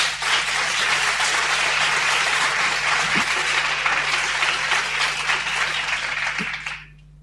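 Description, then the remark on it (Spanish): A concert audience applauds steadily in honour of the composer Cuchi Leguizamón, a dense wash of many hands clapping at an even, sustained level for several seconds before quickly fading out at the end. “después del trío concertante de los aplausos de ustedes”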